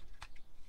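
A knife blade is pushed only gently into its retention sheath, giving a brief soft bump at about 0.2 s and a fainter one near 0.4 s. The knife has not snapped into the sheath, and nothing has clicked or seated yet.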